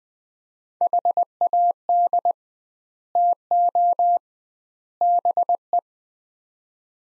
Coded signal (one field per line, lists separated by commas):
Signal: Morse code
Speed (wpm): 20 wpm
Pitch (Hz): 700 Hz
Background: none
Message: HAD TO BE